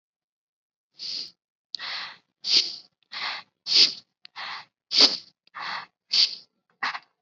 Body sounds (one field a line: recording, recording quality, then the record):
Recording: shallow breathing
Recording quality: excellent, no background noise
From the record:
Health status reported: COVID-19 positive, moderate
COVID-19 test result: positive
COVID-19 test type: rapid antigen test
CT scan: not taken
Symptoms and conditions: cough, fever, fatigue, muscle pain, another condition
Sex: female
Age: 19 years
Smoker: no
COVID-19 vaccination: one dose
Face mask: worn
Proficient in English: no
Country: India